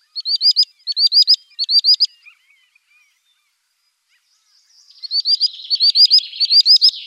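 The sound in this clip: Common sandpiper calls: high, thin piping notes in quick triplets, a short silent gap, then another run of similar notes.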